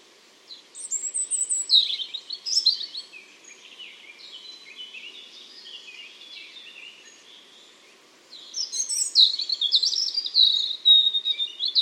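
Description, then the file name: European robin song: a rich phrase of high whistles and trills, a stretch of soft warbling, then another loud, sparkling phrase. "Erithacus rubecula"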